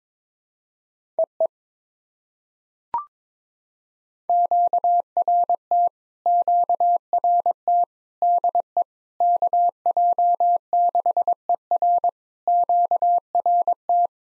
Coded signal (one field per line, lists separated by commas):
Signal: Morse code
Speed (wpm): 22 wpm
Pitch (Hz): 700 Hz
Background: none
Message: EE QRT QRT DE KJ6ER QRT